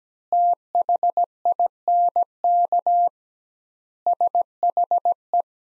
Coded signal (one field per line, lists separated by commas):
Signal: Morse code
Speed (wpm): 17 wpm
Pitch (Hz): 700 Hz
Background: none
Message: THINK SHE